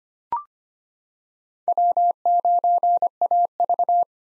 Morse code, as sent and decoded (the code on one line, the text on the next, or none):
.-- ----. .- ...-
W9AV